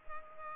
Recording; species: mosquito wingbeat signal from an infrared sensor; Culex pipiens